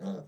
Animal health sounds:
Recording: pig call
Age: piglet (1 to 25 days)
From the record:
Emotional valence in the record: negative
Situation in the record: short isolation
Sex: male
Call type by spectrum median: low-frequency call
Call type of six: low-frequency modulated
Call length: 0.28 s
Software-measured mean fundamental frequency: 62 Hz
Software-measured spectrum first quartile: 193 Hz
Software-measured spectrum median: 279 Hz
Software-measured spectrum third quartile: 593 Hz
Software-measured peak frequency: 189 Hz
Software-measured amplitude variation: 118 dB a second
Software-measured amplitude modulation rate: 9.0 a second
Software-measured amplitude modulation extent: 13.1 dB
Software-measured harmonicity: 5.3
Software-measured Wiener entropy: -0.24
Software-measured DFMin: 1552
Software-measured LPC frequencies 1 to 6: 460, 3480, 3803, 5760, 7617, 8588 Hz

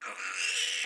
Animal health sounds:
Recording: pig call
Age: piglet (1 to 25 days)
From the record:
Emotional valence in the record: negative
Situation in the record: restrain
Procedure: in the arms of a person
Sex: male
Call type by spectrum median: high-frequency call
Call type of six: mixed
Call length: 0.87 s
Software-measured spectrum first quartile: 2511 Hz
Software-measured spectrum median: 3327 Hz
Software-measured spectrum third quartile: 6122 Hz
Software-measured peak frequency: 2683 Hz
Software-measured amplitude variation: 103 dB a second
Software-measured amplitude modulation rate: 22.5 a second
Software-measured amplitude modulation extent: 4.6 dB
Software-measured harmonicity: 1.7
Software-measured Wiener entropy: -2.16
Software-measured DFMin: 719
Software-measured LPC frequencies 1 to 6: 1411, 2739, 5063, 5669, 6375, 7498 Hz

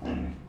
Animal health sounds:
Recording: pig call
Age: growing-finishing pig (85 days or more)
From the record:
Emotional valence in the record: negative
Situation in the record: barren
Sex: female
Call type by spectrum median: low-frequency call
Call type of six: low-frequency stable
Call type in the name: low-frequency stable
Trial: 1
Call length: 0.49 s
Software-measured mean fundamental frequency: 61 Hz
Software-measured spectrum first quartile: 142 Hz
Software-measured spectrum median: 261 Hz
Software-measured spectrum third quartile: 548 Hz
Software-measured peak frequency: 257 Hz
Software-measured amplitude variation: 129 dB a second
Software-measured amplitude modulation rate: 24.6 a second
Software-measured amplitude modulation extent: 5.2 dB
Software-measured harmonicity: -2.0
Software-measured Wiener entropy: -0.33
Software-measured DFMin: 830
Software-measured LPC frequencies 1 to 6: 1705, 2790, 3847, 4504, 5273, 6132 Hz

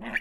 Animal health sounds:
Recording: pig call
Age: piglet (1 to 25 days)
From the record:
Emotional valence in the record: negative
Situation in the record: surprise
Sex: female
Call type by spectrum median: low-frequency call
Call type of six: mixed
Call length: 0.20 s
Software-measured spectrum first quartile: 489 Hz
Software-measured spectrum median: 1621 Hz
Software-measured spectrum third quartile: 1944 Hz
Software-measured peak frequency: 1755 Hz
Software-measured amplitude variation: 183 dB a second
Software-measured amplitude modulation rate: 12.2 a second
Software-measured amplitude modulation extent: 15.0 dB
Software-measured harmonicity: 4.3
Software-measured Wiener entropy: -1.47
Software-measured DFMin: 696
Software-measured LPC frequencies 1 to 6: 597, 1778, 2320, 3440, 4572, 5688 Hz

